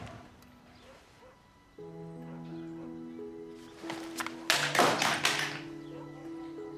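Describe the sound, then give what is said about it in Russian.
A TV remote lands on a sofa with a few soft, muffled thumps and taps in quick succession, over a steady hum of sustained tones playing in the background. “Виа грустная осталась на диване и бросила пульт.”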